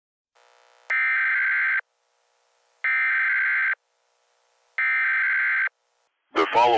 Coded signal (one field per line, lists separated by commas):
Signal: Emergency Alert System (SAME) tones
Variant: header bursts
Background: speech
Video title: EAS Mock Alien Attack